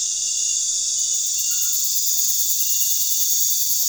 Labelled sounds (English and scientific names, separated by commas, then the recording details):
none
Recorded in pastures near Puerto Asís, Putumayo, Colombia, on 22 June 2025 at 19:00
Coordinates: 0.466, -76.322
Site GP07